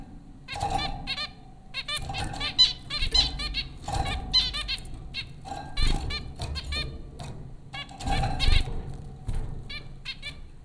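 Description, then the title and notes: Zebra finches calling: dense, nasal, stacked honking chirps in quick irregular bursts from several birds, with a low background hum throughout. Several zebra finches at Popcorn School, Flatbush, Brooklyn, New York, April 15, 2009. "Dronecast No. 030: The Popcorn Finches Four from Apr 15, 2009. Zebra finches recorded by Dan Bodah at Popcorn School, Flatbush, Brooklyn NY in April 2009"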